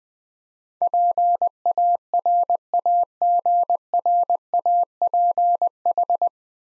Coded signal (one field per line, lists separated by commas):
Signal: Morse code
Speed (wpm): 20 wpm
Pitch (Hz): 700 Hz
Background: none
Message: PARAGRAPH